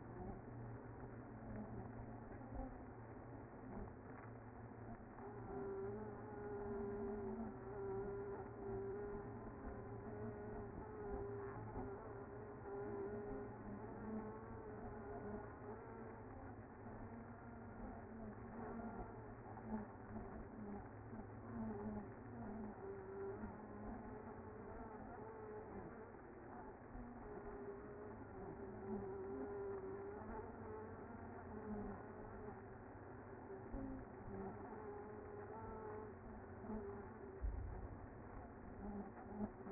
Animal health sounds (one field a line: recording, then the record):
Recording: honeybee colony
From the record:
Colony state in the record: active